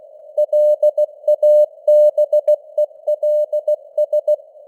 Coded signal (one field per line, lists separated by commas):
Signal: Morse code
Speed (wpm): 16 wpm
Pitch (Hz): 600 Hz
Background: none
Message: LABELS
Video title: Morse Code News | 2025-12-16 | 16wpm